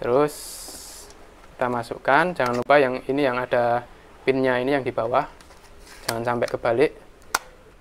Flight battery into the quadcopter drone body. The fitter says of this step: sampai bunyi klik. Ini ada kancingannya di sini.